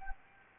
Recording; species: mosquito wingbeat signal from an infrared sensor; Anopheles gambiae